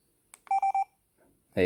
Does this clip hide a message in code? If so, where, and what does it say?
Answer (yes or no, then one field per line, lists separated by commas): no